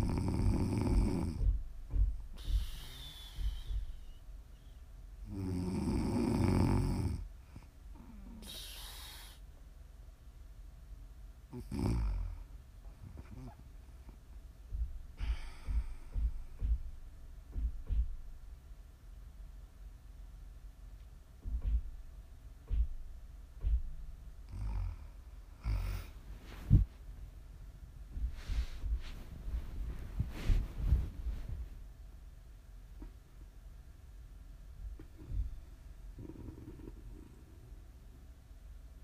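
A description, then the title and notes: Low snoring swells through the first seven seconds in two loud, rumbling breaths. After that it turns quiet and uneven, with scattered soft snorts, clicks and short airy hisses every few seconds over a faint steady hum. ASMR snoring.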